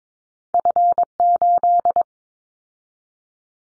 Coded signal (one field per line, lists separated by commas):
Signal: Morse code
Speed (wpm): 22 wpm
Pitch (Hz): 700 Hz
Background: none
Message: F8